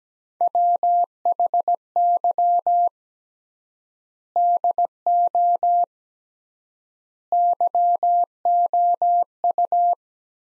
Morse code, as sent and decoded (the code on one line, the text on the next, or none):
.-- .... -.-- / -.. --- / -.-- --- ..-
WHY DO YOU